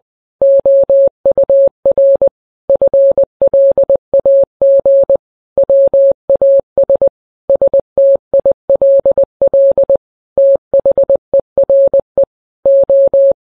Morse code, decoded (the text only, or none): OUR FLAG WAS STILL THERE O